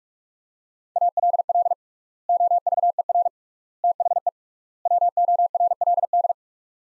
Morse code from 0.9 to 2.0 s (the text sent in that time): ALL